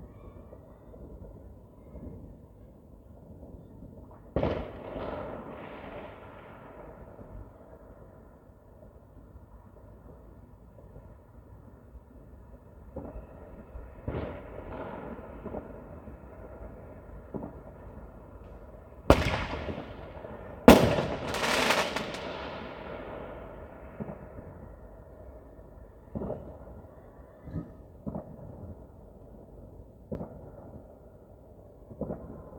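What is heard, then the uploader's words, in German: New Year's Eve fireworks: scattered sharp bangs over a low rumble, loudest around twenty seconds, with sparse cracks before and after. Silvesternacht: Feuerwerk und Freude.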